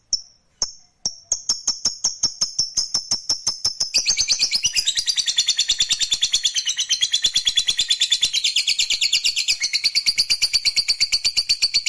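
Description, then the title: Lovebird starting with a few separate sharp chirps, then breaking into a long, fast, high buzzy trill that runs steadily to the end. Fighter lovebird giving a long ngekek trill. "Suara Lovebird FIGHTER NGEKEK PANJANG"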